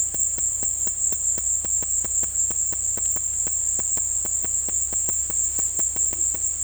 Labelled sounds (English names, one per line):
none